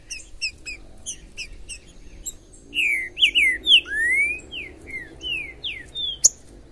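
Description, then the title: Green-winged saltator: quick repeated chips lead into a phrase of loud, slurred, rising and falling whistles over a low background hum. Wild trinca-ferro in forest, described as chirping, singing and 'macheando' (male display) in a dispute; labelled 'Major'; played to rouse a pet trinca-ferro. "ESQUENTAR Seu TRINCA Piando, Cantando E Macheando Na DISPUTA. TRINCA FERRO no MATO Trinca ferro MAJOR no MATO"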